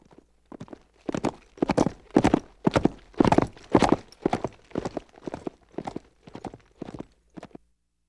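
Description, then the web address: Horse cantering, a rhythmic run of dull hoof thuds that swell louder, peak midway, then fade away over about eight seconds. Horse cantering past on dirt ground. "horse canter by on dirt"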